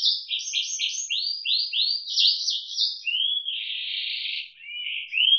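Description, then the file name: Canary song moving from rapid stuttered trills to a series of swept notes, then a sustained buzzy roll before rising whistled notes at the end. Indonesian isian moza song style, used for training canaries. "suara kenari isian moza omkicau"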